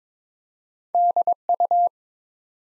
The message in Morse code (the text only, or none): DU